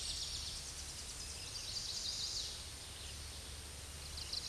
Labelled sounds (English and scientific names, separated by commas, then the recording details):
Chestnut-sided Warbler (Setophaga pensylvanica) song
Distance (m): 40 m
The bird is about 10 m above the microphone
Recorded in a Pennsylvania forest on 16 May 2024 at 07:43
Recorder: AudioMoth, point MSD-2304
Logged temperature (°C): 16.0 °C
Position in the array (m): 171 m, 175 m